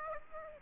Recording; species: mosquito wingbeat signal from an infrared sensor; Aedes aegypti